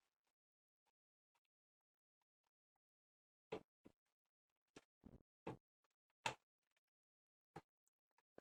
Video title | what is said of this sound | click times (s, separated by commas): 👌 Detaylı Bilgisayar Toplama Rehberi - 3000 TL Altına En İyi Sistemi Toplamaya Çalıştım - PC TOPLAMA | sesini duyana kadar bekliyoruz nasıl sağlam bir şekilde oturduk | 6.3 s